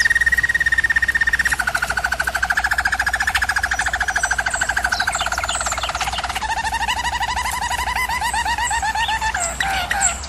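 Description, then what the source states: German Roller canary singing a continuous rolled trill that drops in pitch partway through, finishing with warbled pulses. German Roller canary singing, from a canary training video.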